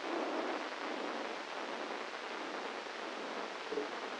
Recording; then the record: brain microelectrode recording played as sound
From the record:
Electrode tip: inside the subthalamic nucleus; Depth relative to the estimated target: -1 mm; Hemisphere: left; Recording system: NeuroSet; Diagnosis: Parkinson's disease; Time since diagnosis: 9 years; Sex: male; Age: 56 years